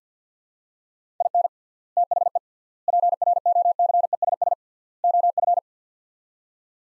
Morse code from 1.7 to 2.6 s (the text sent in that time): THE